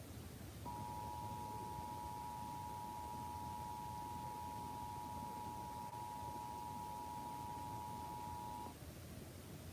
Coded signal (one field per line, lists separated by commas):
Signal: Emergency Alert System (SAME) tones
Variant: 853 and 960 Hz attention tone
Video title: EAS SVR (From OUN) 3/6/26 4:09 PM CST (Credit Goes To @SouthernPennsylvaniaWX/@KanawhaCountyWX)